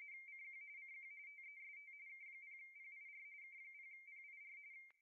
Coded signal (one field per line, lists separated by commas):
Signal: RTTY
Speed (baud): 45.45 baud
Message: CQ CQ TEST K0PIR K0PIR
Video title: Ham Radio With K0PIR - Virtual Serial Ports Emulator Install One USB Cable